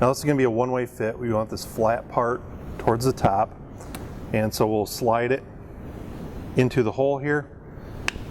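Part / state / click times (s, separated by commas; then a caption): fuel injector electrical pass-through connector into the cylinder head / seated / 8.1 s. On a Ford 6.0 liter Powerstroke, the fuel injector electrical pass-through connector is slid flat side up through its one-way hole in the cylinder head and pushed until it locks. Someone talks throughout, and a single sharp click at 8.1 s marks the connector seating and locking in place.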